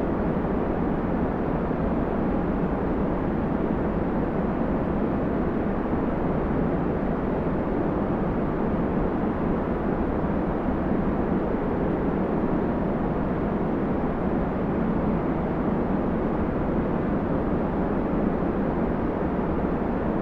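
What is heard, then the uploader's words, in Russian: A steady white noise that stays perfectly even for the whole stretch, with no breaks or separate events. The sound is dark and rumbling rather than hissy, heavy in the low and middle range and dull at the top, like the constant roar inside an airplane cabin. Звёздный Белый Шум.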